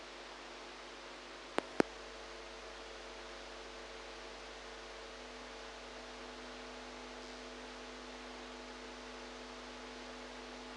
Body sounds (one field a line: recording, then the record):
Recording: brain microelectrode recording played as sound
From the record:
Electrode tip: outside the subthalamic nucleus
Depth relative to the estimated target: -8 mm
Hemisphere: right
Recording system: NeuroSet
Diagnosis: Parkinson's disease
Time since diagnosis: 8 years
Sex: female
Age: 45 years